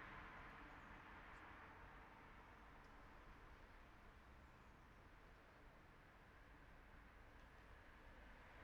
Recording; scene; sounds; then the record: everyday scene through a hearing-aid microphone; in traffic; traffic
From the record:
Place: city secondary road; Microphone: behind the ear, right, front